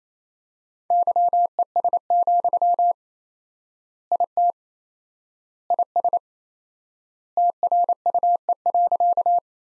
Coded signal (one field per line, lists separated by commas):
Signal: Morse code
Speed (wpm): 28 wpm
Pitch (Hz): 700 Hz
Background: none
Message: YES, IT IS TRUE.